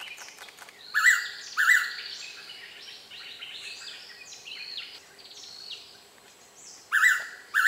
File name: p moluccensis